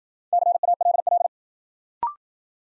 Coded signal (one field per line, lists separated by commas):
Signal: Morse code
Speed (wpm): 54 wpm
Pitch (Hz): 700 Hz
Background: none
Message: CALL